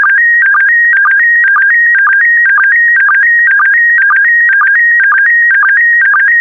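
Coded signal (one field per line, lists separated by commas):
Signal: SSTV (slow-scan television)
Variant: PD120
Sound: steady warbling tone stepping between pitches, with a short low blip about twice a second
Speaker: complete you can now check your decoded image against the picture that is shown on the video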